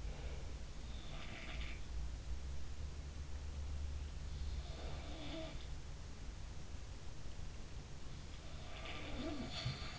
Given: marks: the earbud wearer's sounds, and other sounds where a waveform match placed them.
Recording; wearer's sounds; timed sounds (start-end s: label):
sounds in sleep by an in-ear microphone; breath
0.00-0.59 s: breath
0.97-1.92 s: sound from someone else or the room
4.73-5.66 s: sound from someone else or the room
8.80-9.99 s: sound from someone else or the room